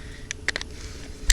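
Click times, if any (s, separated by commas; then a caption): none. After oiling, the upper and lower receiver halves of a Crosman A4P AR-style full-auto BB rifle are handled and closed back together. A few light, sharp ticks sound around 0.3, 0.5 and 0.6 seconds, then a louder tick near 1.3 seconds over a low background hum. Nothing has seated or clicked home yet.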